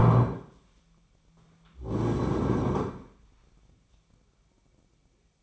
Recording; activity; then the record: daily activity, microphone in the room; stand up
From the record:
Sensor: 1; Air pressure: 1009.3 hPa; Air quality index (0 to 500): 178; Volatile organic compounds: 3 ppm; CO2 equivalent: 1504 ppm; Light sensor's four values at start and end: 42/111/46/55 and 41/109/45/54